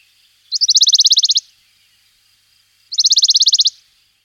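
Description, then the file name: Western Bonelli's warbler song: two dry, rattling trills of rapid identical high notes, each lasting under a second, about two and a half seconds apart. "budníček-horský"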